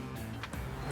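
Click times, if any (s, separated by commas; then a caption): 0.4 s. A JB4 tuner harness plug is pushed into a three-pin engine sensor connector on a 2022 Bronco Raptor, over a steady low background hum. A short, sharp click at 0.4 s marks the connector locking into place, and it is seated.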